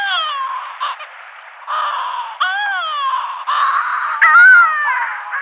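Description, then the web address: Yelkouan shearwater calls: harsh, nasal wailing notes with rising and falling harmonics, repeated in long rough bursts. A burst near the end is the loudest and highest. "Schulze Peter Yelkouan Shearwater"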